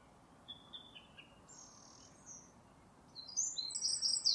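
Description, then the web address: Bird calls: a few faint, thin high notes early on, then a louder burst of sharp, high chirps in the last second, over steady background hiss. "cianscape birddata Deverinetal 2025"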